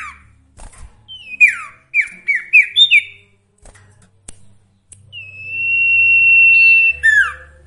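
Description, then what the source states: Sooty-headed bulbul song: a run of quick downward-slurred whistled notes, then a long, steady, high whistle that ends in two falling notes. Song with full variations, used for training songbirds (masteran).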